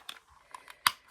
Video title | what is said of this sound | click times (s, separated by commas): Desdoni Remote Control Car | like so till it snaps and then put the cover back on | 0.9 s